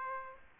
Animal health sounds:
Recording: mosquito wingbeat signal from an infrared sensor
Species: Aedes aegypti

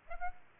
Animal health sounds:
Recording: mosquito wingbeat signal from an infrared sensor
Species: Aedes aegypti

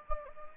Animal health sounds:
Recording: mosquito wingbeat signal from an infrared sensor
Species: Anopheles gambiae

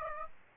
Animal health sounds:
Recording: mosquito wingbeat signal from an infrared sensor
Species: Aedes aegypti

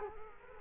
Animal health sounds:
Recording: mosquito wingbeat signal from an infrared sensor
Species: Culex quinquefasciatus

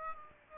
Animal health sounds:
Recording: mosquito wingbeat signal from an infrared sensor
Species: Aedes aegypti

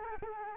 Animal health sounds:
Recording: mosquito wingbeat signal from an infrared sensor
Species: Culex quinquefasciatus

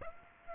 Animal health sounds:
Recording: mosquito wingbeat signal from an infrared sensor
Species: Aedes aegypti

